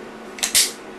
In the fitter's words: in there. It'd make a nice solid click.